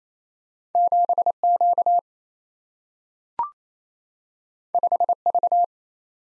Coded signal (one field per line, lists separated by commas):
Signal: Morse code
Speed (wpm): 28 wpm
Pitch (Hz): 700 Hz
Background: none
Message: 7Q 5V